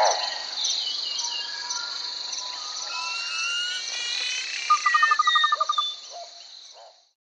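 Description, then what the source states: Birds calling with long sliding whistles, some rising and some falling, over a loud shrill insect drone; a short rapid trill follows before the sound fades out. Birds chirping close by in a forest.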